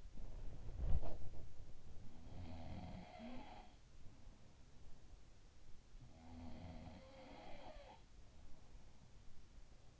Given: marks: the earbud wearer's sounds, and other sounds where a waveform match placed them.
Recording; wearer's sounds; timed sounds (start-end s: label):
sounds in sleep by an in-ear microphone; body movement
0.00-1.77 s: body movement
2.01-4.91 s: sound from someone else or the room
5.99-9.99 s: sound from someone else or the room